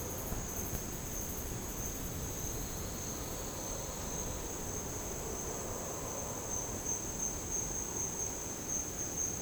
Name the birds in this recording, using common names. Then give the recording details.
Silvered Antbird. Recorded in dense forest near Puerto Asís, Putumayo, Colombia, on 30 June 2025 at 12:00. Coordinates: 0.486, -76.317. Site G065